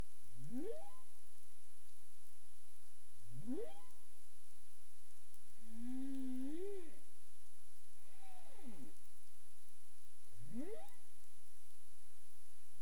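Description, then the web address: Humpback whale calls: a series of upsweeps, one of them falling instead, with one wavering moan in the middle, over steady underwater hiss. Recorded 27 April 2035 at 22:59 UTC. "CARIMAM. humpback whale 20350427 225931 UTC"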